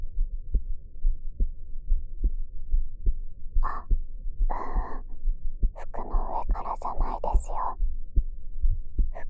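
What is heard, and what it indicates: Normal heartbeat of an adult woman, about 70 beats per minute, heard through the ear of a dummy-head microphone pressed against her chest, with brief soft whispered speech over the beats.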